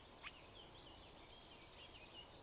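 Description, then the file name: Common nightingale song: three long, thin, very high whistles, each swelling and fading, with soft lower notes beneath. "Luscinia megarhynchos"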